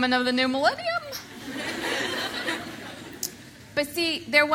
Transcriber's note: laughter